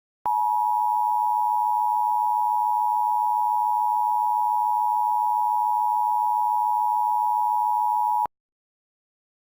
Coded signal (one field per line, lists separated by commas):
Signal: Emergency Alert System (SAME) tones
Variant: 853 and 960 Hz attention tone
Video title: (REQUEST) EAS Mock: New York AMBER Alert